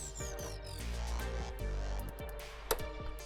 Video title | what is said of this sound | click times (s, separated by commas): 2018 Kia forte timing chain,camshaft and sprocket replacement pt 2. | that's it. All you need is that click. Once you hear that click, you're done. | 2.7 s